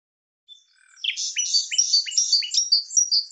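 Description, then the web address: Bird song with a series of short falling notes repeated rapidly, overlaid by continuous high twittering. "cianscape birddata Deverinetal 2025 File cleaned normalized Bird Lu Me Lu Me"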